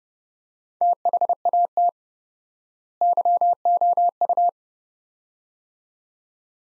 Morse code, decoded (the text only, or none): THAT YOU